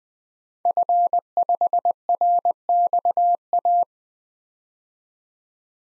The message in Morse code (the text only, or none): F5RXA